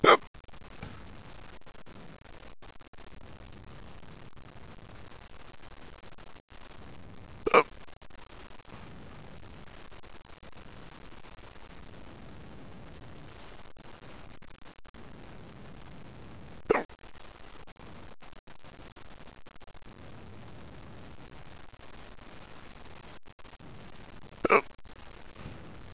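Three sharp, sudden hiccups from an adult, irregularly spaced over about 26 seconds against quiet background noise, recorded at home on a computer microphone.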